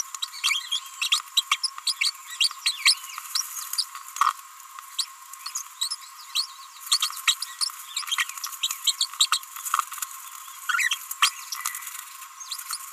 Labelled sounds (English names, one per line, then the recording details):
Green-rumped Parrotlet babbling
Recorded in a nest box in Venezuela
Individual 18B25A4